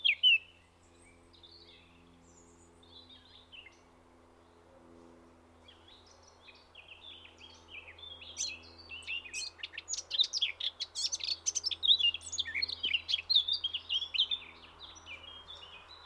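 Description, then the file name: Eurasian blackcap song, quiet at first, then a dense, fast warble of sharp twittering notes growing louder over the last half. "Sylvia atricapilla"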